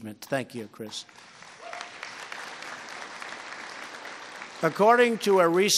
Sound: applause

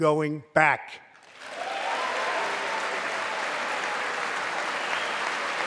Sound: applause

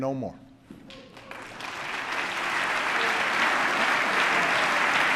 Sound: applause

